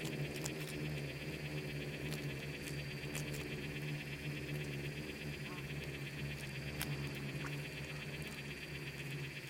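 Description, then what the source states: Swarm of insects making a continuous low buzz, with occasional sharp clicks and a constant high-pitched tone running through. Bugs and beetles swarming in the Namib desert, among the micro-sounds of a desert soundscape that seems quiet at first listen.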